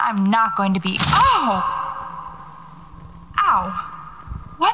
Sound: her words are echoing now

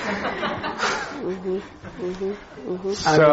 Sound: laughter

